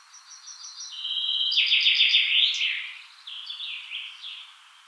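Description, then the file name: Common chaffinch song: a fast descending series of bright notes speeding into a dense trill and ending in a flourish, followed by further notes. "Fringilla coelebs"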